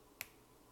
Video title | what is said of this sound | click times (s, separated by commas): Pokka Pen In-depth Review! | it snaps into place but | 0.2 s